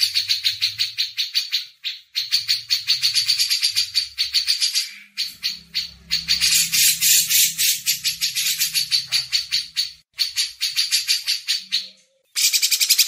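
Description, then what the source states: Grey-cheeked bulbul with long runs of rapid harsh chatter broken by brief pauses. Masteran recording.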